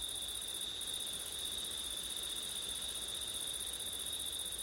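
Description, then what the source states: Crickets singing in a steady, unbroken high trill with a second shrill band above it, continuing without pause; a soft background hiss throughout. Crickets on a September night with wind; recorded with ortif setup.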